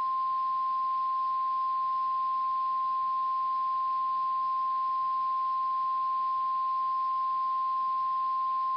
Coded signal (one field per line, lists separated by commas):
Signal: Emergency Alert System (SAME) tones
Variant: 1050 Hz attention tone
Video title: EAS Event Retrospective: July 4th, 2001 Severe Weather Outbreak (With Valid Tones)